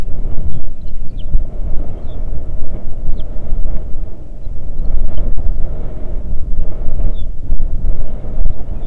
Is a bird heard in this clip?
yes